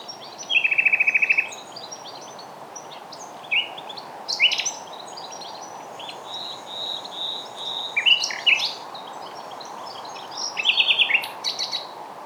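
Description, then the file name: Common nightingale singing, opening with a rapid run of repeated notes, then scattered whistles, a thin sustained note and scratchy bursts over faint hiss. "Luscinia megarhynchos"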